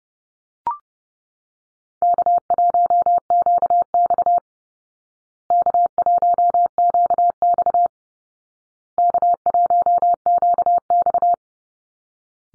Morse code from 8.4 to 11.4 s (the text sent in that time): K1QX